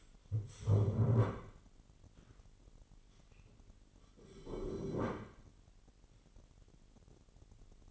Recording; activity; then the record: daily activity, microphone in the room; stand up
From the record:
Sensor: 4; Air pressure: 999.3 hPa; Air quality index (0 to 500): 112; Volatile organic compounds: 2 ppm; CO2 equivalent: 1106 ppm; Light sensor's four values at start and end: 11/26/10/11 and 11/26/10/11